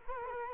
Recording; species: mosquito wingbeat signal from an infrared sensor; Culex quinquefasciatus